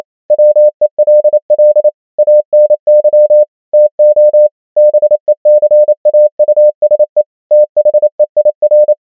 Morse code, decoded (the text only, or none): WELL ANY TO BECAUSE THEIR